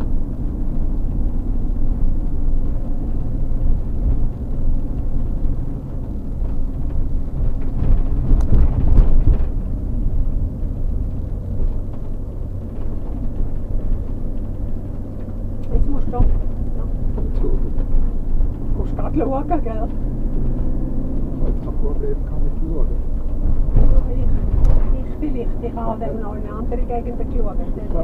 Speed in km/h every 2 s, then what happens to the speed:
31, 31, 31, 20, 24, 22, 24, 25, 27, 33, 35, 37, 40, 42.
0-11 slows to 22. 11-28 speeds up to 42.